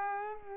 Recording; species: mosquito wingbeat signal from an infrared sensor; Culex pipiens